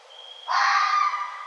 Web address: Red Fox 2011 11 01 Red Fox